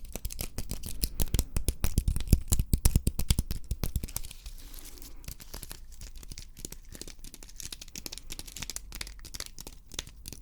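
Rapid, crisp tapping, a dense run of sharp clicks with a deep thump in each strike for the first four seconds. After a brief lull near the middle, the taps return lighter and more scattered, with a dry, scratchy edge.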